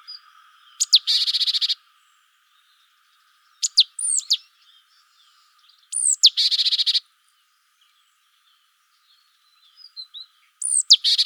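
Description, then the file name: Great tit harsh calls: a pair of thin, falling notes leads into a dry, buzzing rattle. Four bouts come at irregular intervals, with a few quiet chips. "Parus major"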